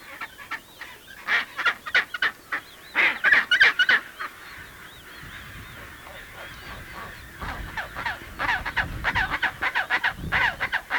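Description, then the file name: Adélie penguin giving bouts of rasping, braying notes in quick succession, a loud burst early and another near the end, over faint high wavering whistles. Antarctica, 1993. "Pygoscelis adeliae 1993"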